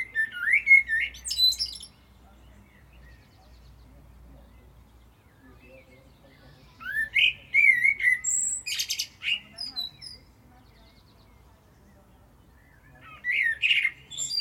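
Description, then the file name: Common blackbird song. Warbled whistled phrases with squeaky, buzzy high endings come at the start, middle and end, separated by silences. "Turdus merula"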